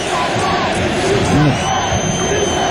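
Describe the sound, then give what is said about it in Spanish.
A loud, steady roar of Colombian football fans chanting "Sí se puede" together in unison in the 41st minute of the second half of a 0-0 match, many voices blending into a dense wash of crowd noise with occasional rising shouts over the top. “Sí se puede, gritan los colombianos.”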